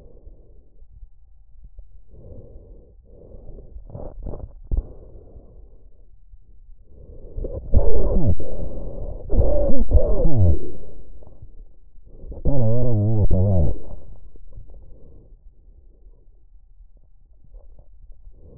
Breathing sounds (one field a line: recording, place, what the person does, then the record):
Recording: lung sounds by stethoscope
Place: trachea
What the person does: quiet breathing, then cough and speech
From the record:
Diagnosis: interstitial lung disease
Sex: male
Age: 61 years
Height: 172 cm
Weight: 71 kg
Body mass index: 24.0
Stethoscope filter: extended mode